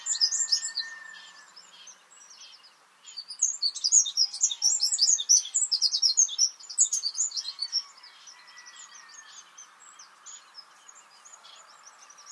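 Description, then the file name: Eurasian wren song: loud, fast high-pitched twittering and trills in two bursts, with quieter whistled notes from other birds. "Troglodytes troglodytes"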